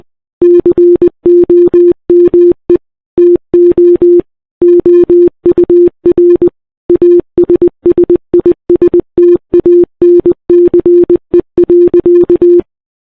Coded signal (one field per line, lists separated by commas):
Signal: Morse code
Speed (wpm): 19 wpm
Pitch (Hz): 350 Hz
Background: none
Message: COME TO OUR ASSISTANCE.